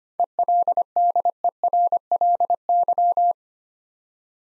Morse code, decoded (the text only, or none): ELDERLY